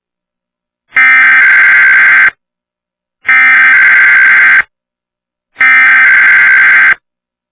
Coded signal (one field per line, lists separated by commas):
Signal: Emergency Alert System (SAME) tones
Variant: header bursts